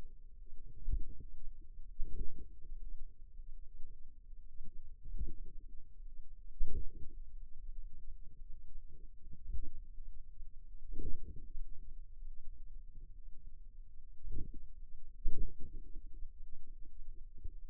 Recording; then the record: forearm muscle sounds (acoustic myography)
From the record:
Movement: finger pinch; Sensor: system 2, bracelet of six BSWA MPA416 microphones around the upper forearm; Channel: 2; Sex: female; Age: 23 years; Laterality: right